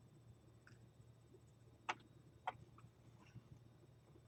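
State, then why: Not seated. A plastic toy-brick hinge piece is handled against its mating part on the computer console of a toy-brick gaming truck. Over a low steady hum, faint rustles are broken by two sharp, brief plastic ticks near 1.9 s and 2.5 s. The hinge has not seated or clicked into place yet.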